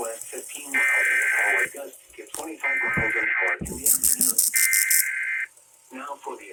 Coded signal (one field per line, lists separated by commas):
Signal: Emergency Alert System (SAME) tones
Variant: header bursts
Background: speech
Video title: THE OG SETUP IS BACK IN BUSINESS! NOAA Weather Radio EAS: Required Weekly Test (EAS #774-775)